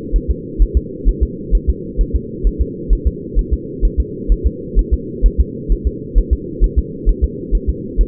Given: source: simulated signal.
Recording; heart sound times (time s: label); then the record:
fetal heart sounds
0.16 s: S1
0.30 s: S2
0.62 s: S1
0.77 s: S2
1.09 s: S1
1.23 s: S2
1.55 s: S1
1.69 s: S2
2.01 s: S1
2.16 s: S2
2.47 s: S1
2.61 s: S2
2.93 s: S1
3.07 s: S2
3.39 s: S1
3.53 s: S2
3.85 s: S1
4.00 s: S2
4.32 s: S1
4.47 s: S2
4.79 s: S1
4.94 s: S2
5.26 s: S1
5.40 s: S2
5.72 s: S1
5.87 s: S2
6.18 s: S1
6.33 s: S2
6.64 s: S1
6.78 s: S2
7.09 s: S1
7.24 s: S2
7.55 s: S1
7.69 s: S2
8.01 s: S1
From the record:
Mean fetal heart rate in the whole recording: 130 bpm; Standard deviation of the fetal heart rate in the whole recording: 2 bpm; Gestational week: 36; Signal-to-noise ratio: -4.1 dB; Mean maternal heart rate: no maternal heart sound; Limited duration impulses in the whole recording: absent